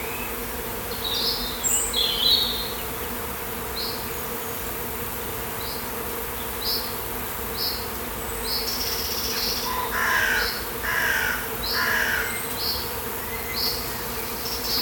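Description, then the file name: Bees humming in a steady low drone throughout, with short high bird chirps repeating about once a second and a lower three-note bird phrase near the end. "Beeswav"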